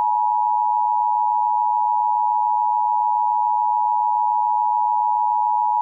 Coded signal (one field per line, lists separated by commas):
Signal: Emergency Alert System (SAME) tones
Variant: 853 and 960 Hz attention tone